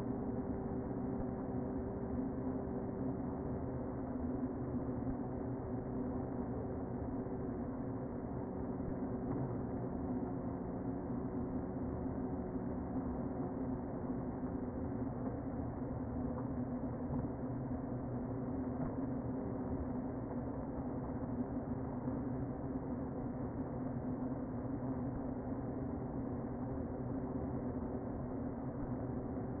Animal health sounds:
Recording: honeybee colony, microphone inside the hive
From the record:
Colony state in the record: queen present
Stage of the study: before two queens were removed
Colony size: about 60,000 bees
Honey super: yes

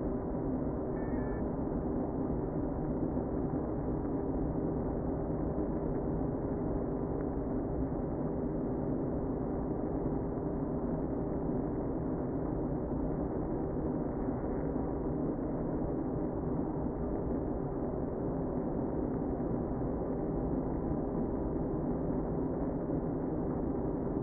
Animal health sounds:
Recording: honeybee colony, microphone inside the hive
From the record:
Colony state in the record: queen present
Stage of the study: before two queens were removed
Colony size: about 60,000 bees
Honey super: yes

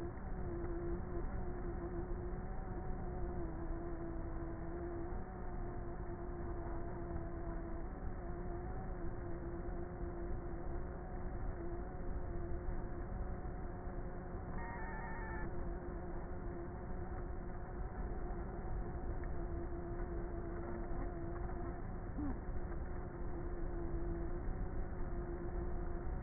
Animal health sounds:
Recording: honeybee colony, microphone inside the hive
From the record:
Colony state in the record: queenless with a low population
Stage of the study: before two queens were removed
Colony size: about 30,000 bees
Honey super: no

